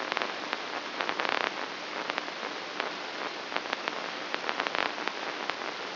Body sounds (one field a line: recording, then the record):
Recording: brain microelectrode recording played as sound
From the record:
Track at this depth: inside the subthalamic nucleus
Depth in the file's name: 5.263 mm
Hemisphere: left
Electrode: 3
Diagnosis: Parkinson's disease